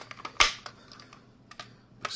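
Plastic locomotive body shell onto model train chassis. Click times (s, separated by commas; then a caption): 0.4 s, 1.6 s, 2.0 s. The plastic body shell of a model diesel locomotive is pushed down onto its chassis, giving a series of light plastic ticks and taps. Sharp snaps at 0.4 s, 1.6 s and 2.1 s mark the shell clicking into place at the corners until it is seated all round.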